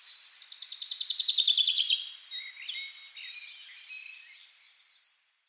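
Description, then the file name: Common chaffinch song: a bright, fast descending trill lasting about a second and a half, followed by thin high whistles and softer chirps. "Fringilla coelebs"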